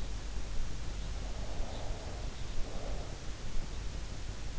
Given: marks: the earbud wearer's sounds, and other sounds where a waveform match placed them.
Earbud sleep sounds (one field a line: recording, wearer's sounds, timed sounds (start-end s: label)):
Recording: sounds in sleep by an in-ear microphone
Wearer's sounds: breath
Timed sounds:
1.32-3.20 s: breath